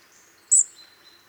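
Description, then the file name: European robin: a single sharp, very high-pitched call note, followed by a faint lower whistle fading away in quiet. "Erithacus rubecula"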